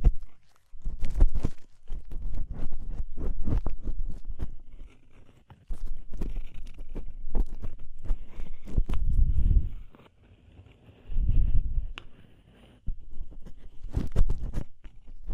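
Deep ear cleaning with sharp clicks and crackly taps arriving in irregular clusters, some bright and snapping. Low muffled rubbing swells in longer bursts around nine and eleven seconds, and brief near-silent pauses separate the busier stretches.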